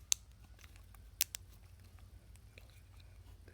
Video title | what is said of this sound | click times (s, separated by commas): How to replace Key fob battery On a 2012/2014 Toyota Camry | All right, just connect it like this until you hear a snapping noise. | 0.1 s, 1.2 s